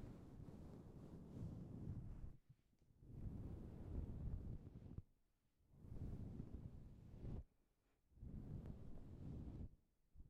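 Brushes are swept across a microphone in long, rough strokes, each lasting about two seconds, with brief near-silent pauses around 2.5, 5.3, 7.7 and 10 seconds. The scraping is heavy and low, with a dull rumbling body and some hiss above.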